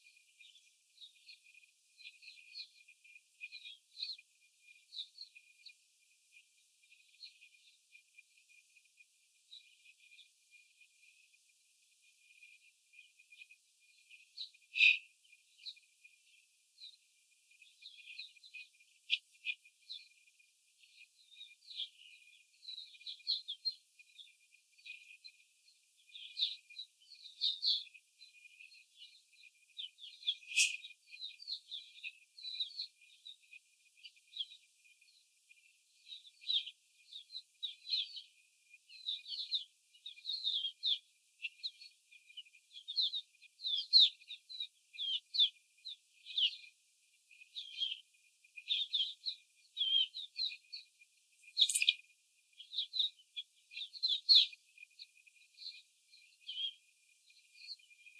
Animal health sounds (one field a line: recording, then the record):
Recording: young laying hens in a cage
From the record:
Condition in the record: before the stressor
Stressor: simulated dog barking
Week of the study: 4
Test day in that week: 3